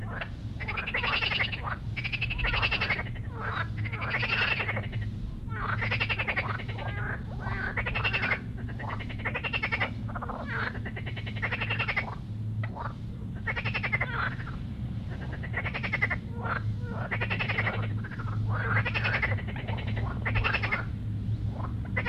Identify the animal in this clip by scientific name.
Pelophylax ridibundus